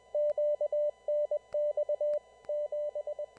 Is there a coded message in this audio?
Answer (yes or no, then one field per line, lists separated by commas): yes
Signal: Morse code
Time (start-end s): 0.1-3.2 s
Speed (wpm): 20 wpm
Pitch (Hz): 590 Hz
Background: none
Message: QNX 7